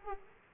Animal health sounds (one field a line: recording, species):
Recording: mosquito wingbeat signal from an infrared sensor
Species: Aedes aegypti